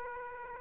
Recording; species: mosquito wingbeat signal from an infrared sensor; Aedes aegypti